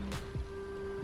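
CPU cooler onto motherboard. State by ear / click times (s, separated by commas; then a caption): not seated / none. A CPU cooler is set on top of the CPU on a motherboard and lined up with the holes before its push pins are pressed home. A short broadband rustle at about 0.1 s is followed by faint low handling bumps near 0.4 s and 1.0 s over a steady tonal hum. Nothing has seated or clicked yet.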